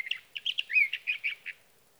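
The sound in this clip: Sage thrasher song, a rapid run of warbled, slurred notes lasting about one and a half seconds in clean quiet.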